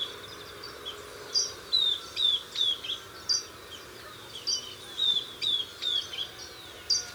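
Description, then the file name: Southern beardless tyrannulet calls: quick series of high, clear notes that drop in pitch, in irregular clusters about every half second, with light background noise. "Camptostoma obsoletum - Southern Beardless Tyrannulet"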